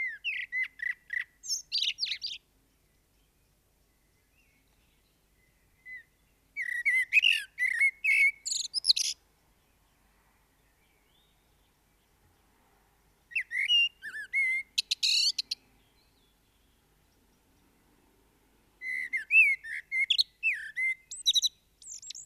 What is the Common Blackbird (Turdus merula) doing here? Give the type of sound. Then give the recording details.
song. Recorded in the wild. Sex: male. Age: adult. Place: Garmisch-Partenkirchen, Bayern, DE. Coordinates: 47.5047, 11.0856. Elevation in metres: 692. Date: 1973-04-25. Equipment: Nagra IV, Sennheiser MKH 405, Parabolreflektor. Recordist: Tretzel, Erwin. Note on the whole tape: Vermutlich Thomas-Knorr-Straße 28, Garmisch-Partenkirchen: Gesang mit Imitation von Blaumeise und Kleiber